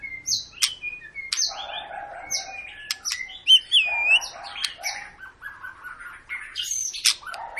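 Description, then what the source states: White-rumped shama song: clear slurred whistles, sharp high notes and lower warbled phrases. Long 'pancingan' lure song of a vigorously singing ('gacor') bird, used to prompt other birds to sing.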